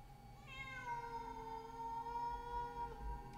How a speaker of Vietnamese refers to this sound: Thì nghe ấy là tiếng con mèo nó kêu. Mà khổ, trong đêm vắng, nghe tiếng con mèo kêu đến não lòng.